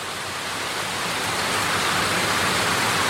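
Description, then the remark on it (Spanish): Heavy rain pours down on flooded Santa Fe in a dense, steady hiss that fills the whole stretch, swelling slightly louder after the first second. No voices are heard. “Lluvia sobre inundación.”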